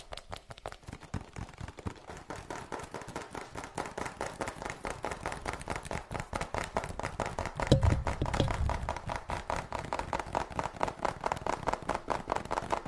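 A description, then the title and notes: Fast, steady tapping runs through the whole clip, a dense and even stream of sharp little knocks with a mid-pitched, slightly hollow tone. It grows a bit louder after the first couple of seconds, and a heavier low thump with a brief ringing note cuts in near the eight-second mark. Fast Tapping Deluxe Edition [Binaural Eargasm].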